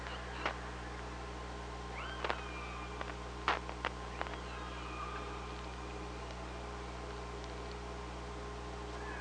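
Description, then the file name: Killer whale pulsed calls, short upswept bursts, with loud separate clicks in the first half and quieter tonal traces later, over a low steady hum. Recorded on the OrcaLab hydrophone, 24 August 2017, 05:25:18. "Orca Lab UTLN JASON 20170824 052518"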